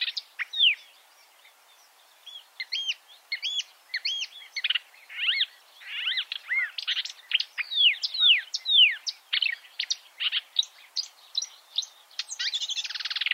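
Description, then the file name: Marsh warbler singing a flowing sequence of sweeping downslurred whistles and quick chirps, repeated in varied patterns, ending in a harsh buzzy rasp. "suara kicauan burung marsh warbler. omkicau"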